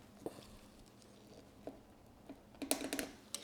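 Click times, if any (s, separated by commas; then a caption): 2.7 s. A screwdriver is turned against a stuck brass main jet in an aluminum generator carburetor, with faint scattered ticks before a cluster of sharp metallic clicks near the end. The screwdriver slips with a short sharp metallic snap at 2.7 s, followed by a few smaller rattles and a last click at 3.4 s. The main jet's head is stripped and the jet stays stuck in the carburetor.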